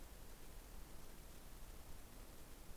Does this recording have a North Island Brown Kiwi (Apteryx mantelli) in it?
no